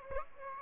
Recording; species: mosquito wingbeat signal from an infrared sensor; Aedes aegypti